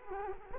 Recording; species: mosquito wingbeat signal from an infrared sensor; Culex quinquefasciatus